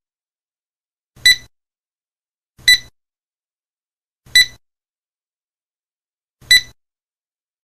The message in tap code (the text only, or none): none